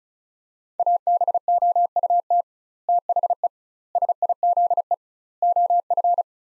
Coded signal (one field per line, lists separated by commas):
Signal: Morse code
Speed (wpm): 36 wpm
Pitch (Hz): 700 Hz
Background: none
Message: ABOUT THE SIZE OF